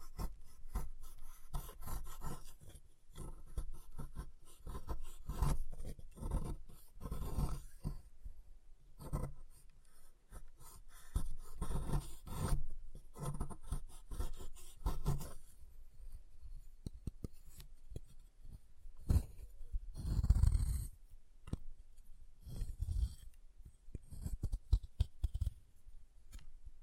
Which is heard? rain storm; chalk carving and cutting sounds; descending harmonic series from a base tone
chalk carving and cutting sounds